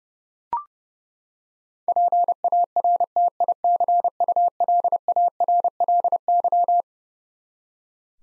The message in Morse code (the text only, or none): PARTICULARLY